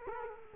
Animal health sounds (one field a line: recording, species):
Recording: mosquito wingbeat signal from an infrared sensor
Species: Culex quinquefasciatus